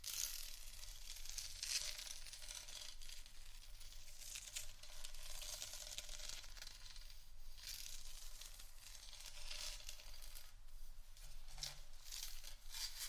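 Scratching and tapping on various items makes a dense, steady crackle of bright, papery scrapes, with small clicking taps scattered throughout.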